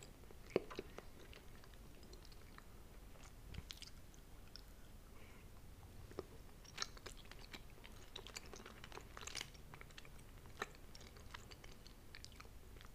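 Sticky chewing of mochi, with soft wet clicks and smacks arriving every fraction of a second across the whole stretch. Several sharper bites stand out near the start and again around seven and nine seconds. A quiet low murmur sits underneath.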